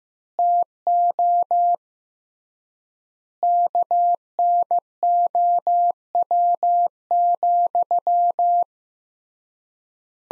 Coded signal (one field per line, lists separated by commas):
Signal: Morse code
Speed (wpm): 15 wpm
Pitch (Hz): 700 Hz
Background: none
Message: TO KNOW,